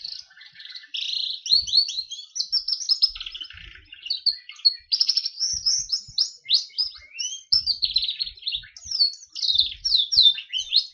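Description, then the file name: Berner canary song, a fast run of high sweeping chirps and short trills, phrases changing every second or so with soft low knocks underneath. "kenari berner omkicau"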